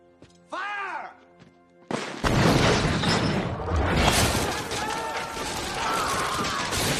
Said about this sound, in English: Fire the cannon.